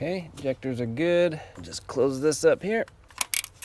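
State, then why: Seated. Someone talks, then a locking tab or cover on the fuel injector and fuel rail area of a V8 intake manifold on a 2000–2009 Chevy Tahoe is closed by hand after the fuel rail is reinstalled and the injectors are checked. Two sharp clicks are heard at 3.2 s and 3.3 s as it locks closed and seats.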